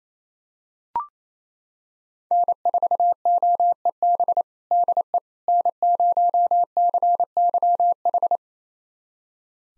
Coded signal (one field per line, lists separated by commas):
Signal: Morse code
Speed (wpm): 28 wpm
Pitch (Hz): 700 Hz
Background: none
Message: N4OEB DE N0CYH